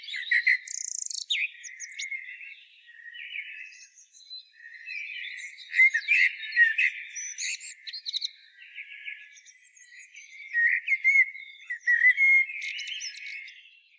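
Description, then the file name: Common blackbird song, mellow fluty phrases alternating with high squeaky twitters, delivered in loud bursts with quieter warbling between. "Turdus merula"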